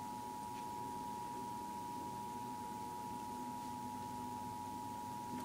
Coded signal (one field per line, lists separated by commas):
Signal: Emergency Alert System (SAME) tones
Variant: 853 and 960 Hz attention tone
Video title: TWC Tornado Warning Eas Alert